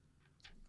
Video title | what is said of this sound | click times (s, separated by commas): Cardo Packtalk Edge Unboxing | just pop straight out. Nice. How easy is that? | 0.4 s